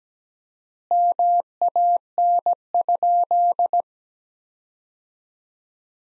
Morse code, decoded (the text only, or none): MAN?